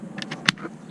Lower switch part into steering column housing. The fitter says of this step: click right in their situation